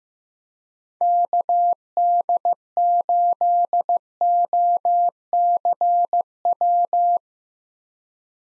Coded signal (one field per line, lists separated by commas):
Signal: Morse code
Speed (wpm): 15 wpm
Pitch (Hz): 700 Hz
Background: none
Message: KD8OCW